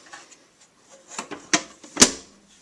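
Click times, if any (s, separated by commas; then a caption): 1.5 s, 2.0 s. The plastic top cover of a Miracle-Gro AeroGarden Bounty indoor hydroponic garden is put back onto its bowl-shaped base after the pump was checked. A few light knocks and rattles lead into two sharp plastic snaps at 1.5 and 2.0 seconds, the second one the loudest. The cover snaps right into place and is seated.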